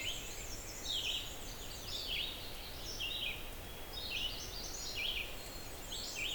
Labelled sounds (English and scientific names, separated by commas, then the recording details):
Red-eyed Vireo (Vireo olivaceus) song
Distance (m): 20 m
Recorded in boreal forest in Alberta, Canada, on 6 June 2016 at 07:31
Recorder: SongMeter 3, array SBT-3-51
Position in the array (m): 139 m, 89 m